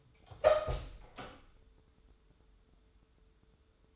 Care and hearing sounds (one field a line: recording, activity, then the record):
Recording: daily activity, microphone in the room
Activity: open door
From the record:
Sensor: 3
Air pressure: 1015.2 hPa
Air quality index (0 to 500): 177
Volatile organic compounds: 16 ppm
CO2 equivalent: 2538 ppm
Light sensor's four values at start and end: 16/41/16/17 and 16/41/16/17